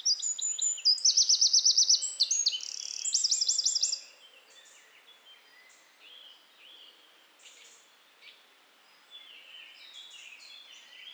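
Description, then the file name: Eurasian wren song: a rapid, high-pitched chattering phrase with two ringing trills over about four seconds, followed by faint scattered chips. "Troglodytes troglodytes"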